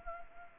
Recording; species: mosquito wingbeat signal from an infrared sensor; Anopheles arabiensis